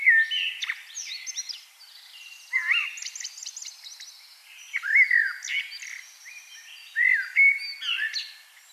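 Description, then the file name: Common blackbird song: several mellow warbled phrases spaced a couple of seconds apart, mixed with higher thin twitters. "Turdus merula"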